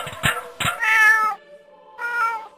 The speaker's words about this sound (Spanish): Pero lo que encontró fue una lata vieja. Cuando miró dentro, descubrió a un gatito que lloraba sin cesar.